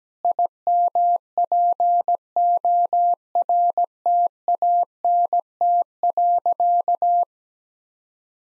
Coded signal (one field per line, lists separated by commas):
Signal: Morse code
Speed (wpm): 17 wpm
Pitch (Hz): 700 Hz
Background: none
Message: IMPORTANT.